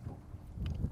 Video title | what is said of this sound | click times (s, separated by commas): Fish Fighter™ Tech Tip - KWIK-PULL™ Anchoring System with Cody Herman | over the top pull down the lever lock into place BAM there it is | 0.7 s